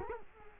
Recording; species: mosquito wingbeat signal from an infrared sensor; Culex quinquefasciatus